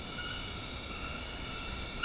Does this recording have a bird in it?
no